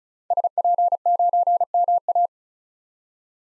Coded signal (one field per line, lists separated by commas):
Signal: Morse code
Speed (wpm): 36 wpm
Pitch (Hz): 700 Hz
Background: none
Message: SP9MA